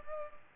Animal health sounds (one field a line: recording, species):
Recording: mosquito wingbeat signal from an infrared sensor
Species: Culex pipiens